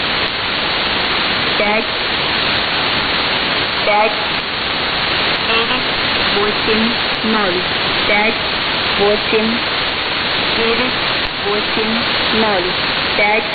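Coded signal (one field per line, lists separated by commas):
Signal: numbers station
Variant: S06s, Russian language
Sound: woman's voice reading short, evenly spaced number groups through loud hissing static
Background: radio static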